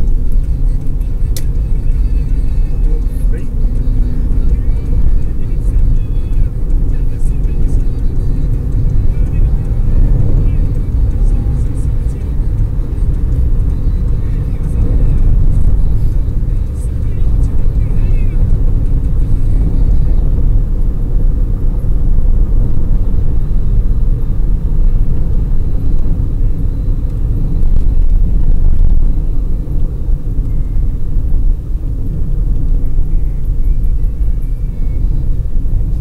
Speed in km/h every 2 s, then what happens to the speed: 53, 60, 66, 68, 74, 77, 78, 77, 78, 75, 75, 74, 73, 70, 61, 57, 55, 55.
0-11 speeds up to 78. 11-23 steady at about 75. 23-30 slows to 57. 30-36 steady at about 55.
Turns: none.